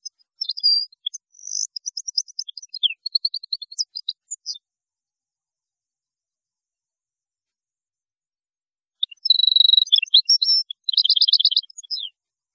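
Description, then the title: European goldfinch song in two bursts of high twittering and trilled notes, separated by a long quiet pause of several seconds. "Chant Chardonneret"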